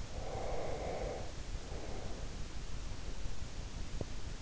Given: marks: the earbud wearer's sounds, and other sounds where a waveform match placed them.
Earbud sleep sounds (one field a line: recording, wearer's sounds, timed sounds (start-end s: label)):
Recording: sounds in sleep by an in-ear microphone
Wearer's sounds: breath, teeth grinding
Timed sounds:
0.14-2.42 s: breath
3.91-4.22 s: teeth grinding